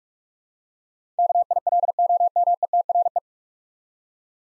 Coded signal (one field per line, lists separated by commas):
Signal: Morse code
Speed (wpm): 46 wpm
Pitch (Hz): 700 Hz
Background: none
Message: KILOMETRE